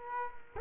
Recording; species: mosquito wingbeat signal from an infrared sensor; Culex quinquefasciatus